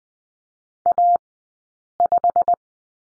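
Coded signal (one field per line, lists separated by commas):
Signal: Morse code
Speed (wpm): 20 wpm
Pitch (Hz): 700 Hz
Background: none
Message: A5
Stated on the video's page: Morse code course lesson on letter P, Farnsworth speed 20/10 wpm.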